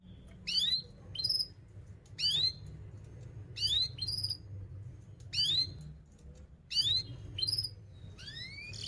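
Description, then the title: Canary giving short bright rising chirps in small clusters at an uneven pace, over a low background hum. Fast, dense, actively singing canary with 'cuit cuit' and rolling phrases, used as a lure song for young canaries learning to sing. "Kenari Gacor Speed RAPAT Cuit Cuit Ngero L Suara Bagus Untuk Pancingan Kenari Paud Belajar Bunyi"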